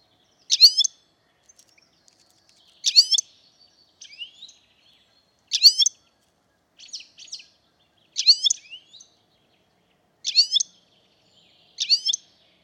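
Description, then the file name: European goldfinch uttering crisp, tinkling call notes in short bursts about every one to two seconds, interspersed with softer twittering. "Carduelis carduelis"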